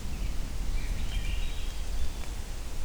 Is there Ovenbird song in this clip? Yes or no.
no